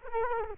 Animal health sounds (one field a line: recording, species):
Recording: mosquito wingbeat signal from an infrared sensor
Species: Culex quinquefasciatus